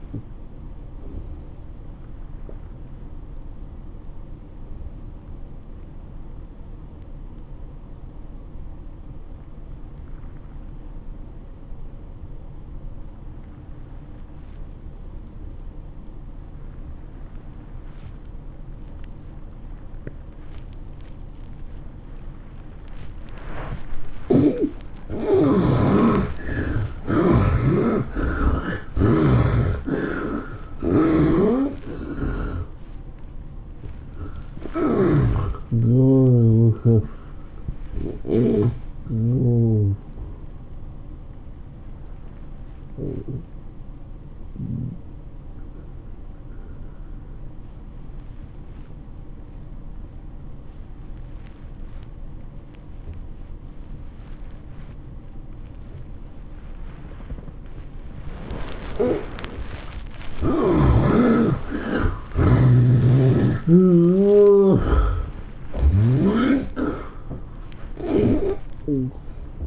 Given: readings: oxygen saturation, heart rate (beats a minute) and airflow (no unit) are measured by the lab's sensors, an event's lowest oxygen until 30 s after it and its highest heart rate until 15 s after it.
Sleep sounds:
breathing in sleep by a smartphone at the bedside; 2
3.00-25.30 s: obstructive apnea (N1, oxygen 97% highest, then 71% lowest, heart rate 103 at the start, 110 highest)
43.00-63.20 s: obstructive apnea (N1, oxygen 96% highest, then 67% lowest, heart rate 105 at the start, 115 highest)
From the record:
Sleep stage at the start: N1 (lightest sleep); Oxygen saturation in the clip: 70 to 97%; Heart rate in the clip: 81 to 112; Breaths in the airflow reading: 10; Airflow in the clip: -13.4 to 14.0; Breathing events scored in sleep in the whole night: 403 in 5.5 hours asleep

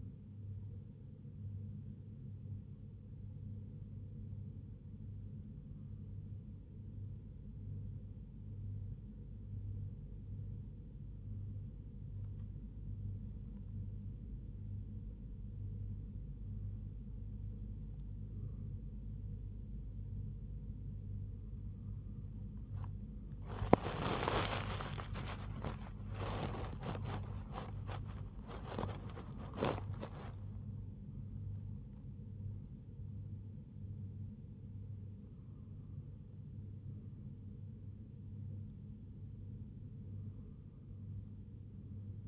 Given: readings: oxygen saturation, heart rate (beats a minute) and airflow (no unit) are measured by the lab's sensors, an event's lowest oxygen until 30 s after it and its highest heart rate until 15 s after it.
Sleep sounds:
breathing in sleep by a smartphone at the bedside; 1
9.00-25.70 s: hypopnea (REM, oxygen 98% highest, then 97% lowest, heart rate 74 at the start, 94 highest)
From the record:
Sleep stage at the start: REM sleep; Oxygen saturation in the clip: 97 to 98%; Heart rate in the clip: 65 to 94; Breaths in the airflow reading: 12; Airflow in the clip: -6.2 to 9.7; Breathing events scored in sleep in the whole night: 158 in 7.3 hours asleep

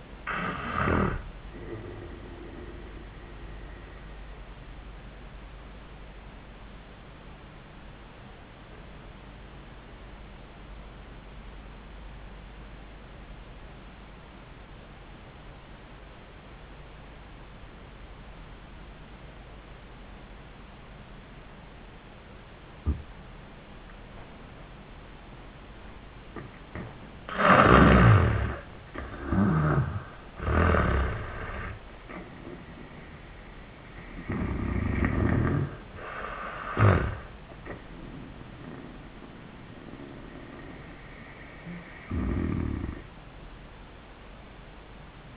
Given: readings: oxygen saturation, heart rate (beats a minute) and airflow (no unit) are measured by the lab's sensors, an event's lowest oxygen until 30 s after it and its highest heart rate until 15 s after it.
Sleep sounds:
a person awake in a sleep study, by a voice recorder at the bedside; 1
1.00-31.00 s: awake
5.00-27.10 s: obstructive apnea (scored as awake, oxygen 98% highest, then 77% lowest, heart rate 96 at the start, 99 highest)
30.00-45.37 s: new sleep stage, N1 (lightest sleep)
From the record:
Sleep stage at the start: awake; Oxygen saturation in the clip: 76 to 98%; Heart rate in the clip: 83 to 99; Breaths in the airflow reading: 4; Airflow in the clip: -13.4 to 7.7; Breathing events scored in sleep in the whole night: 400 in 8.7 hours asleep

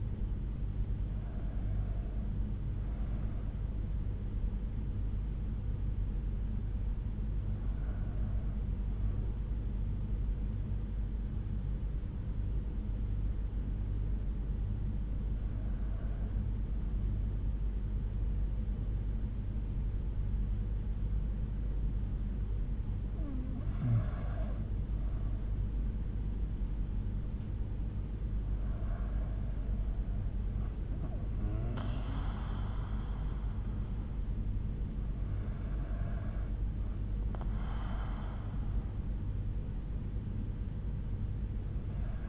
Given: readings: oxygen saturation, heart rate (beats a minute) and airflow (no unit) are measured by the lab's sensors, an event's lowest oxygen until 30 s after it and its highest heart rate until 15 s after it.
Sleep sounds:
breathing in sleep by a smartphone at the bedside; 1
9.00-26.60 s: hypopnea (N1, oxygen 95% highest, then 92% lowest)
12.00-42.29 s: new sleep stage, N2 (light sleep)
From the record:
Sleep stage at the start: N1 (lightest sleep); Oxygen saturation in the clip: 92 to 95%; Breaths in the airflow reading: 6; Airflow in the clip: -6.8 to 6.7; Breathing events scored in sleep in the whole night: 368 in 8.0 hours asleep

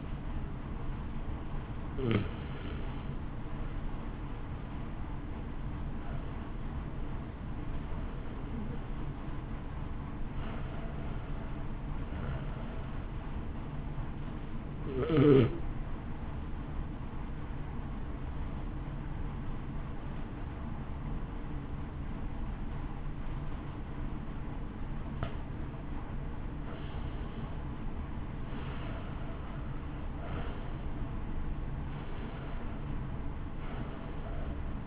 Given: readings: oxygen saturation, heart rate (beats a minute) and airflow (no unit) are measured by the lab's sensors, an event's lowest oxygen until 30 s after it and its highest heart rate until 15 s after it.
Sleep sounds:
breathing in sleep by a smartphone at the bedside; 1
3.00-24.30 s: hypopnea (N1, oxygen 94% highest, then 87% lowest, heart rate 52 at the start, 61 highest)
From the record:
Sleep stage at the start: N1 (lightest sleep); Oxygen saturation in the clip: 87 to 94%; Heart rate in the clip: 52 to 61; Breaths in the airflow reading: 10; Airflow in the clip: -0.8 to 1.2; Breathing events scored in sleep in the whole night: 328 in 6.3 hours asleep

